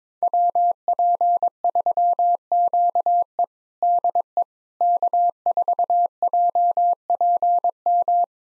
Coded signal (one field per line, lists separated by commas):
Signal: Morse code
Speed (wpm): 21 wpm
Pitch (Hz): 700 Hz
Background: none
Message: WP3QE DE K4JPM